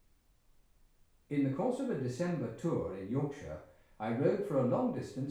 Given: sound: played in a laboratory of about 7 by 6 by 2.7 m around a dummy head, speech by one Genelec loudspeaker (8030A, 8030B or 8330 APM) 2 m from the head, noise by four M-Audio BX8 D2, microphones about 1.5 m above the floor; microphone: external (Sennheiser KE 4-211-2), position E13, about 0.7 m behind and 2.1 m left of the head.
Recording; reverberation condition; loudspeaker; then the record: male speech in English; medium; 150 degrees to the left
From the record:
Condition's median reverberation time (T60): about 510 ms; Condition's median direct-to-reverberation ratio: about -0.5 dB